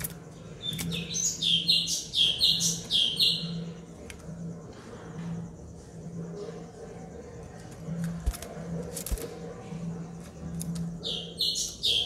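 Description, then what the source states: White-rumped shama song: high, sharp, buzzy repeated phrases in quick bursts, then a pause before another burst, over a steady low hum. Aggressive song, used as a lure.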